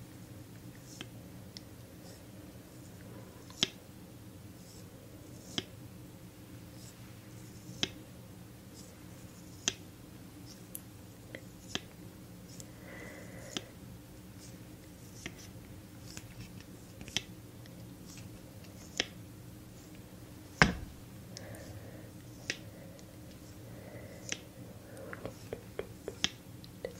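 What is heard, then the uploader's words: Quiet haircut sounds: sharp scissor snips and little clicks land every second or two, with a loud snap near the twenty-second mark. Underneath runs a steady low hum, with occasional soft squishy rustles and faint murmured voice. ASMR Sleepyhead Spa (unisex) Haircut & Wash layered sounds, personal attention role play.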